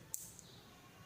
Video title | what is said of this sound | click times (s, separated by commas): daystate Air Ranger .22 full reveiw in urdu | घुमाइए और ये किटिक करके अपनी | 0.1 s